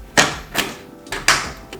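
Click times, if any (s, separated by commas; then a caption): 1.3 s. A graphics card is pushed into a motherboard's PCIe x16 slot, with a few short broadband scraping knocks around 0.2 s and 0.6 s and a smaller tap near 1.1 s. The slot's retention latch snaps with a sharp, bright click at 1.3 s, the loudest sound in the clip, followed by a faint tick at 1.7 s. The card is confirmed clicked in place and seated.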